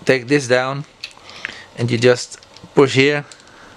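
Someone talks while handling a stiff, very tight plastic transformation part on a Transformers Studio Series 86 Constructicon Hook & Long Haul toy, taking it down and pushing it toward the toy's body. Brief handling ticks are heard at about 1.0 s and 1.5 s between the talking. Nothing has seated or clicked into place yet.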